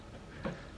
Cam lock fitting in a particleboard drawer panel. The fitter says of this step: that so that was a 180 degree turn and it's locked in place so